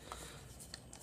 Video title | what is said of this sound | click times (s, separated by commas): LETUS GoPro AnamorpX - Preview | And it pops right in there. It's supposed to. There it goes. | 0.7 s, 0.9 s